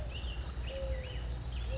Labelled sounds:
Mourning Dove
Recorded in Sonoma County, California

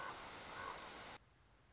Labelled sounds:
Common Raven
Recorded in Sonoma County, California

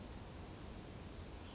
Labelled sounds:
Western Flycatcher
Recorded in Sonoma County, California

